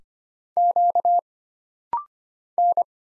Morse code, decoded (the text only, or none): Q N